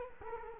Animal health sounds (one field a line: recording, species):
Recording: mosquito wingbeat signal from an infrared sensor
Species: Culex quinquefasciatus